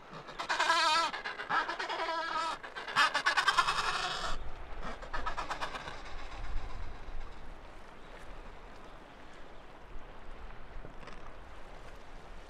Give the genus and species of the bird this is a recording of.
Pygoscelis adeliae